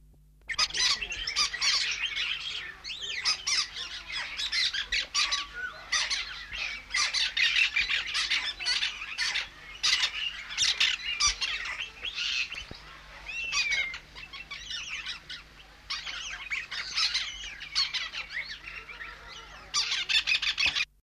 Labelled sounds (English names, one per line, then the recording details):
Brown-throated Parakeet call
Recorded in captivity
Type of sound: call
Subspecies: ocularis
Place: Vogelpark Walsrode, Niedersachsen, DE
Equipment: Halbspur, 9,5 cm/s
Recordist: Lütgens, Hans
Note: Rufe